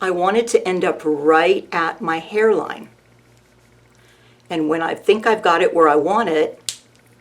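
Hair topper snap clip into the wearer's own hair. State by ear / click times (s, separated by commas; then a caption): not seated / none. A hair topper with a snap clip is being positioned at the wearer's hairline and handled into place on her own hair while someone talks. Nothing has seated or clicked yet; the clip ends before the clip snaps shut.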